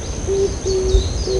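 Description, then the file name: Oriental turtle dove cooing: short, low, steady tonal notes, three in quick succession, over a faint high whine and background rumble. "kijibato"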